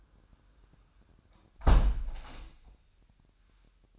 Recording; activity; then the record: daily activity, microphone in the room; close window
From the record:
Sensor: 2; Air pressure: 998.5 hPa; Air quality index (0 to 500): 127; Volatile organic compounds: 3 ppm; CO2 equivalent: 1441 ppm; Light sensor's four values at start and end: 6/15/6/7 and 6/14/6/6